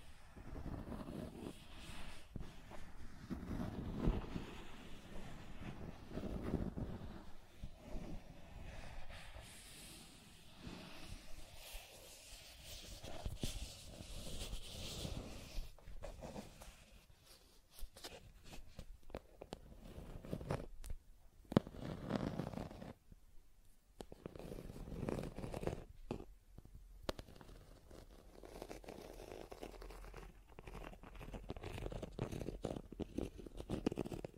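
Scratching and tracing sounds run in uneven strokes of rough, hissy friction, with brief pauses between passes. A few sharp clicks stand out around twenty seconds, and a short near-silence follows shortly after before the rubbing resumes steadily to the end.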